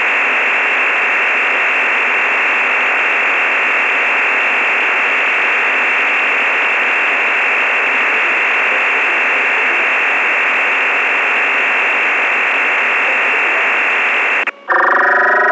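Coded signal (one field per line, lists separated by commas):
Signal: digital SSTV (DRM)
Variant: EasyPal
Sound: steady wideband hiss-like data roar for 14 seconds, a brief break, then buzzy stacked tones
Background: FM radio hiss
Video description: PICTURES CAN BE DECODED FROM THIS AUDIO STREAM WITH "EASYPAL" DSSTV FREEWARE.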